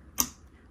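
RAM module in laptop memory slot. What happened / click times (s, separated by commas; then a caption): The memory module clicked into its slot / 0.2 s. A laptop RAM stick is pushed firmly down into its memory slot, and the retaining clips catch with a sharp, loud click at 0.2 seconds that rings briefly before quiet returns. The module is seated.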